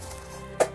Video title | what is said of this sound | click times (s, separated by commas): 2022 Star Trek Advent Calendar (DAY 20): EmGo's Reviews N' Stuff | satisfying snap there we | 0.6 s